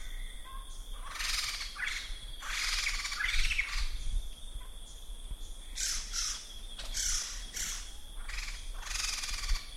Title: Sumatran Laughingthrush (Garrulax bicolor)